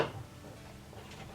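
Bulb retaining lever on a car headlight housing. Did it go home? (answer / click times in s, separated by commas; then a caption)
no / none. The metal retaining lever on a 2009 Lexus IS250 headlight housing is handled as it is swung back over the HID low beam bulb, which has been set on its pins and pushed down. A soft brief handling sound at the start fades into a low, steady background hum. Nothing has seated or clicked yet.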